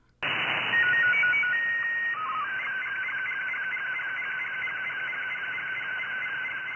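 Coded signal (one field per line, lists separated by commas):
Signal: SSTV (slow-scan television)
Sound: hiss, then stepping whistle tones, a long steady tone, then continuing tones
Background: radio static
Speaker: Just be careful, because it is kind of a bit of an audio howl. It's not the nicest thing to listen to, but you'll see what I mean in a moment.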